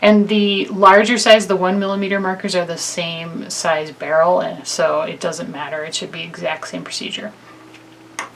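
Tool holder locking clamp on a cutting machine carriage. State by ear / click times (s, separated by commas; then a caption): released / 8.2 s. Someone talks about loading a pen holder with marker pens for a Silhouette Cameo 4 cutting machine. At 8.2 s the tool-holder locking lever on the machine's carriage is pulled forward and the clamp snaps open, releasing it so the blade holder can be lifted out.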